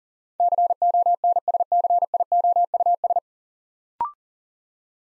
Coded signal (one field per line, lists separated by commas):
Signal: Morse code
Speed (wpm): 41 wpm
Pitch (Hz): 700 Hz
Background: none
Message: CONSCIOUS